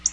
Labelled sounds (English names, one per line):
Black-throated Blue Warbler flight call